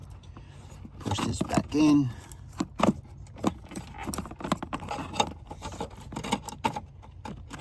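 Someone talks while pushing the plastic terminal locking clip back into a wiring connector on a Jeep to secure the wires so they don't come out. Rustling handling noise and several short, sharp plastic taps are heard. Nothing has seated or snapped in yet.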